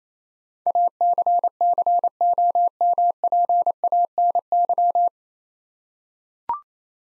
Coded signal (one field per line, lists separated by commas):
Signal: Morse code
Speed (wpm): 28 wpm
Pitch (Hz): 700 Hz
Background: none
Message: ACCOMPANY